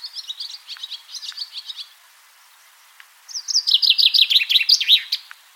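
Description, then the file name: Common chaffinch singing: a quieter run of notes, a short pause, then a louder, descending trill. "Fringilla coelebs"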